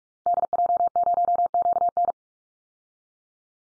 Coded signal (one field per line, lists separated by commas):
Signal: Morse code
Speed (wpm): 44 wpm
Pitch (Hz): 700 Hz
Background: none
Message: DJ0QN